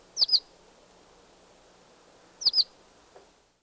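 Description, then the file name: Violet-green swallow calls: two quick high twittering double chips about two seconds apart, then a faint short note, with light background hiss. "Violet-green Swallow - Tachycineta thalassina"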